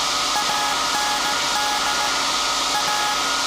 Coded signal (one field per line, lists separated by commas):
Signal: Morse code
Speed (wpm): 18 wpm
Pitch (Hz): 840 Hz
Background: none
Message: AND A